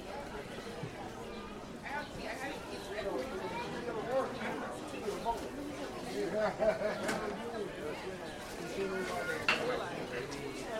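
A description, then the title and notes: Busy market chatter fills the whole stretch, many overlapping voices blending into a steady murmur. Occasional brighter clinks and knocks, like dishes or handled items, poke through, with a few louder moments around six to seven seconds and again near nine and a half. Sounds of Eastern Market and Capitol Hill. A walk through Capitol Hill to pick up a baguette at Eastern Market.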